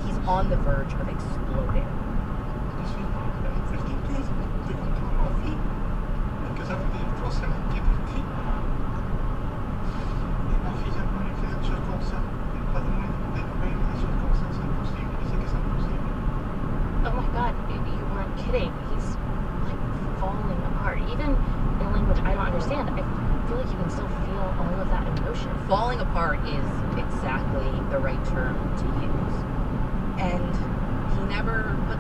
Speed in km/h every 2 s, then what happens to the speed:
61, 61, 61, 60, 61, 61, 63, 64, 64, 64, 64, 63, 63, 63, 61, 64.
0-32 steady at about 63.